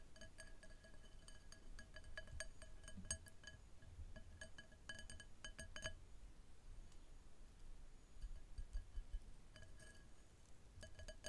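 Bright clinks of ice against glass come in clusters, over a low, faint rumble and soft fizz.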